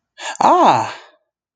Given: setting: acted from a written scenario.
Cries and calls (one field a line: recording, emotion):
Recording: vocal sound without words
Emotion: triumph